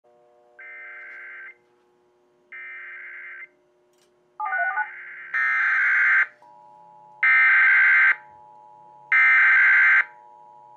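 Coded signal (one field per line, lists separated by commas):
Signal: Emergency Alert System (SAME) tones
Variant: header bursts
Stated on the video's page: Avalanche Warning sent via IPAWS CAP and relayed through a chain of Sage Digital, DASDEC II-IR and Trilithic EASyPLUS endecs as a demonstration.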